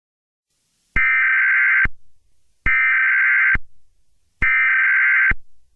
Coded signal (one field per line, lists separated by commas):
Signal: Emergency Alert System (SAME) tones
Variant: header bursts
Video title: EAS Scenario: Just A Test